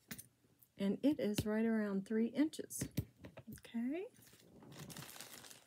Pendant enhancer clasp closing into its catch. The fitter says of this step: then that goes right back in that little clicky